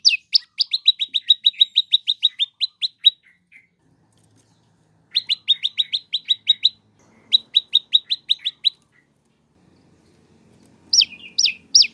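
Prinia song: several rapid runs of sharp, evenly repeated chirps separated by pauses, then a few louder notes.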